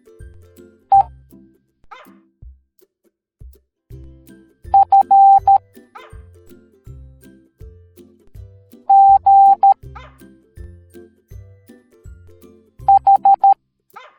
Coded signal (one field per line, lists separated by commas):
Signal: Morse code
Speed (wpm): 13 wpm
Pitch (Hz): 790 Hz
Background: music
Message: E F G H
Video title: Odie from Garfield Teaching the Morse Code Alphabet Educational Video for Kids